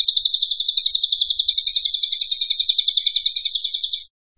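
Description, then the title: Cililin singing a long, fast, buzzy trill of rapidly repeated high notes, nearly four notes a second, held steady for about four seconds before stopping. Vigorous "gacor" singing, used for training cage birds. "Cililin AMPUH 3. Suara Cililin Super Gacor"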